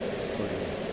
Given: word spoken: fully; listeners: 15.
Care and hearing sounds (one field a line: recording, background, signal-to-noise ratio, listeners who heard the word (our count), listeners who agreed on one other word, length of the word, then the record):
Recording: one English word in noise, from a listening test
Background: speech-shaped noise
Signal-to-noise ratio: -5.2 dB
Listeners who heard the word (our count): 0 of 15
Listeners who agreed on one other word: 6 of 15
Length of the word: 0.53 s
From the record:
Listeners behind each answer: 6, 1, 1, 1, 1, 1, 1, 1, 1, 1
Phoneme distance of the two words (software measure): 37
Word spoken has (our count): 2 syllables, 4 phonemes, stress on syllable 1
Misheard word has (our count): 2 syllables, 5 phonemes, stress on syllable 1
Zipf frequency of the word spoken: 4.61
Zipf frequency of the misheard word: 4.44